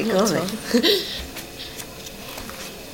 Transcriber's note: laughs